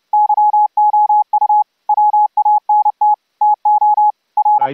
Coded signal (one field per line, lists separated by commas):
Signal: Morse code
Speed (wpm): 30 wpm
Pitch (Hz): 840 Hz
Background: none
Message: YOU WANT TO R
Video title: UltraGrid audio over ip software for HAM RADIO remote RIG operations